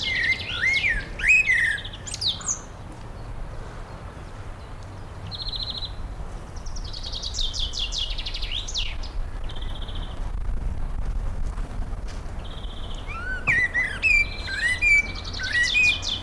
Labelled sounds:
Common Blackbird

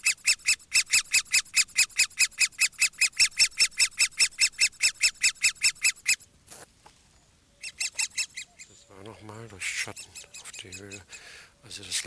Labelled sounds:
Great Spotted Woodpecker call

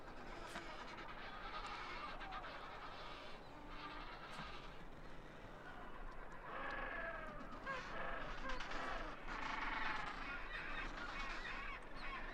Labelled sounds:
Adelie Penguin call

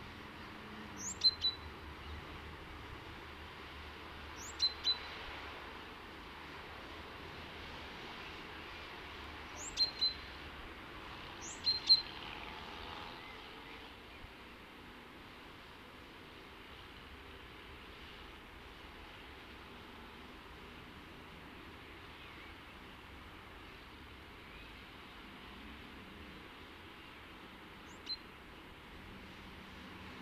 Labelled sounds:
Great Tit call

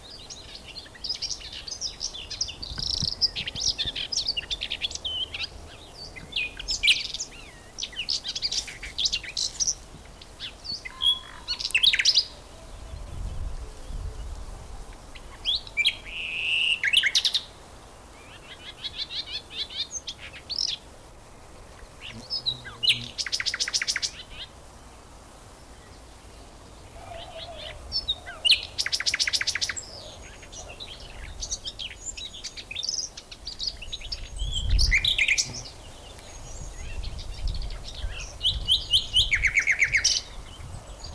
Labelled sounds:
Common Whitethroat song

